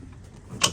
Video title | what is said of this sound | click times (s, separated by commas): Take A Look at The 2025 Harris 250 Crowne - MarineMax Rogers | just a little click | 0.6 s